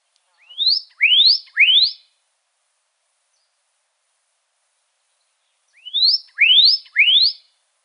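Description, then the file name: Pyrrhuloxia calling: two bursts of three quick, slurred whistles, each sweeping steeply upward, separated by about four seconds of silence. Recorded in Arizona on 3 March 2008. "PYRR 3 Deviche"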